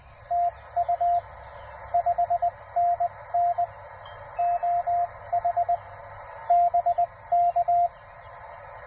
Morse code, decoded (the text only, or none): TU 5NN OH BK